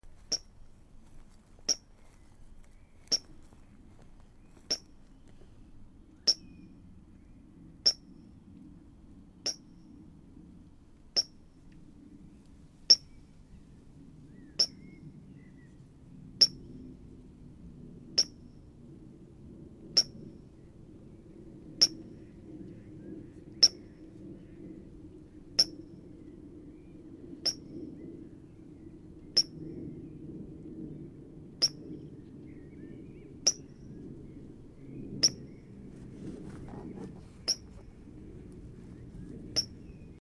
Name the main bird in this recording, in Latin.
Fulica atra